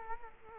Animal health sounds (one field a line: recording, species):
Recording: mosquito wingbeat signal from an infrared sensor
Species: Culex quinquefasciatus